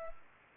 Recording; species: mosquito wingbeat signal from an infrared sensor; Culex pipiens